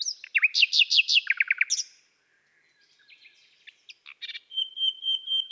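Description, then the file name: Common nightingale song: a fast series of rich, rolling notes, then a pause, soft clicks and a sustained pure whistled note near the end. "Rossignol philomele Chants doiseaux des bois et des forets"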